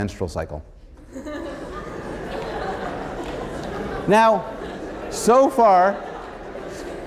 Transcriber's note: laughter